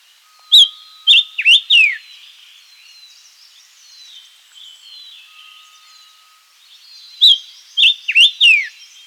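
Silver-eared mesia song: two short runs of clear, high whistled notes with quick slurred inflections, about five notes each, with quiet high chatter between them.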